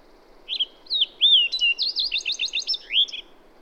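Songbird singing one bright phrase: curving whistled notes, a fast string of crisp descending chips, and a final swooping whistle.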